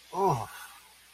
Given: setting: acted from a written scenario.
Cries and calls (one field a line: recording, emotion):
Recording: vocal sound without words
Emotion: awe